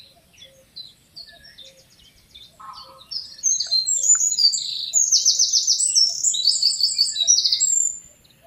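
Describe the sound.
Eurasian wren song: quiet scattered notes and a brief low buzz, then a loud, hurried stream of piercing trills for about five seconds.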